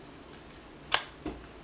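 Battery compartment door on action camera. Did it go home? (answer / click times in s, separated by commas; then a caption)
yes / 0.9 s. The battery compartment door on a GoPro HERO8 Black action camera, fitted in a SmallRig aluminum vlogging cage, is pushed closed and snaps back shut with one sharp, bright click at 0.9 s. A softer, lower knock follows around 1.3 s, and the door is seated.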